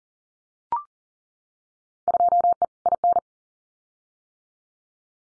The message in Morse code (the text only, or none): 2E IN